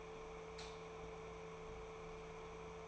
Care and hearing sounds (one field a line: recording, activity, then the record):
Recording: daily activity, microphone in the room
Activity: light off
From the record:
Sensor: 1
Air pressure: 1014.8 hPa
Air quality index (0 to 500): 189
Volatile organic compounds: 20 ppm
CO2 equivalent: 2680 ppm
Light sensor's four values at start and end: 34/84/36/43 and 33/83/35/43